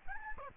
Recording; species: mosquito wingbeat signal from an infrared sensor; Aedes albopictus